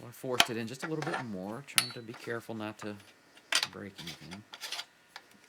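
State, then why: Not seated. A part of a new Akkar 335 Turkey shotgun is pushed carefully into the receiver during reassembly while someone talks, and only faint small ticks are heard near the end. Nothing has seated or clicked yet; the part is not locked and is not right.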